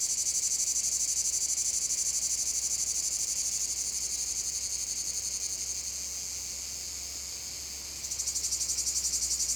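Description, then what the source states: Cicada chorus, a high pulsing buzz that fades to a smoother hiss for a couple of seconds, then surges back with strong pulses. Cicada field at Domaine de la Sablière, Saint-Privat-de-Champclos, France; recorded with a Zoom H6 using an M/S microphone.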